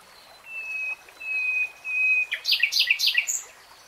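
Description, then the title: Nightingale song: three long, pure whistled notes on one pitch, then a tumbling run of loud, varied chirps. Nightingale singing, in a 3-hour real-time recording. "[Tiếng chim hót] Nightingale Singing"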